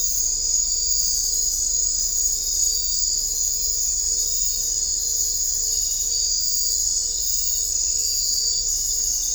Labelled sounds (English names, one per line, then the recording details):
none
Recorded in dense forest near Puerto Asís, Putumayo, Colombia, on 21 December 2024 at 22:00
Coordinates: 0.500, -76.322
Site G053